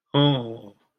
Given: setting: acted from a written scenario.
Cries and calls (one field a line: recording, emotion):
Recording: vocal sound without words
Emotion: distress